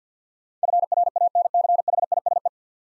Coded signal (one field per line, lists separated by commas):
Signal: Morse code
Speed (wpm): 50 wpm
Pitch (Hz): 700 Hz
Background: none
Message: FRANCHISE